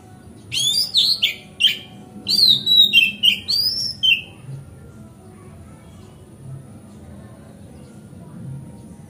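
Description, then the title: Oriental magpie-robin song: a lively string of falling, slurred high whistles over four seconds, then quiet. Song tutoring (masteran), made on a terrace. "Kacer Masteran Teras"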